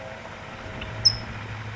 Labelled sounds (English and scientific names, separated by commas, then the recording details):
California Towhee (Melozone crissalis)
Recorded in Sonoma County, California